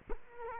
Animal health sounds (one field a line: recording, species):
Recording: mosquito wingbeat signal from an infrared sensor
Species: Culex quinquefasciatus